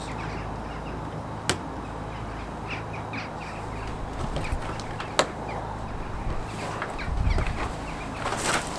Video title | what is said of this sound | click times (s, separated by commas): Magnetic Caravan Catch Repair | but there's two little holes at the end here get them lined up and then either side kind of clicks in place it's | 1.5 s, 5.2 s